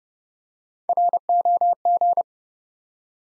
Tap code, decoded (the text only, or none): none